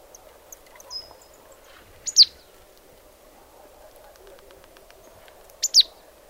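Marsh tit calls: two pairs of sharp, high, falling notes, around three and a half seconds apart, against a low continuous hum.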